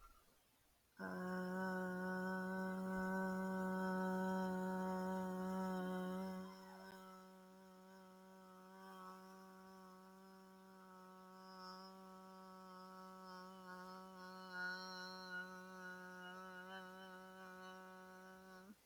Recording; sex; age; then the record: vowel held as long as possible; female; 30 to 39 years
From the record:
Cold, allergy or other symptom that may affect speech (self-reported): no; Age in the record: 30 years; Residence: Iowa, United States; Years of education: 12